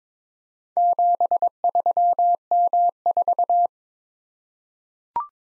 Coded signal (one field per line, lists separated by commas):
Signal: Morse code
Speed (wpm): 22 wpm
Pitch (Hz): 700 Hz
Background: none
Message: 73M4